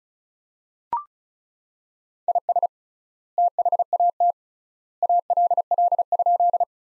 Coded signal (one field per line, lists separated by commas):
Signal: Morse code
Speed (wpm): 34 wpm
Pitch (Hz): 700 Hz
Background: none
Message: IS THAT ALL?